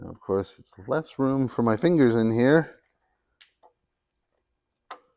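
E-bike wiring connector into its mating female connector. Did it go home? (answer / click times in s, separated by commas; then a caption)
yes / 4.9 s. Someone talks while lining up a keyed male wiring connector with the keyway of its mating female connector on a Bluerev Spitfire electric bike, pushing them together in a tight space. After a few faint ticks, one sharp click at 4.9 s marks the connector snapping home and seating.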